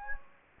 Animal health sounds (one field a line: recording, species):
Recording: mosquito wingbeat signal from an infrared sensor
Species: Anopheles gambiae